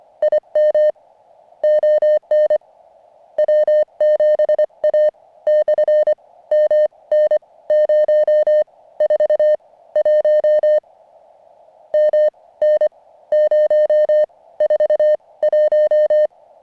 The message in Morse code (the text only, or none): IM ON W7A / MN 0 4 1 M N 0 4 1